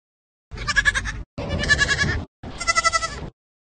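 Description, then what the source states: Goat bleating three times, each a wavering, nasal bleat just under a second long, separated by short silences. Goat kids, which can develop 'accents'.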